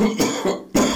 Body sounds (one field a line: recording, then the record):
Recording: coughing mixed with background sound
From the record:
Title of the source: Spring Cold Coughing 3